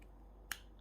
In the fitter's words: and kind of snaps into place but the bottle is almost identical I'm looking at them right now